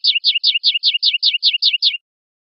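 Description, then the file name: European goldfinch song: a fast, even series of about ten descending chirped notes lasting two seconds. "suara burung chardonneret atau goldfinch eropa om kicau"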